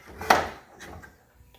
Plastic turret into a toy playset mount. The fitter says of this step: This turret here is just basically pops right in there